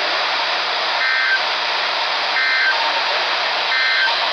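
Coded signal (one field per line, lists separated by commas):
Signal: Emergency Alert System (SAME) tones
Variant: end-of-message bursts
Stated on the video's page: Required weekly test broadcast on NOAA Weather Radio transmitters WXL25, WXL25 alternate and WXL82.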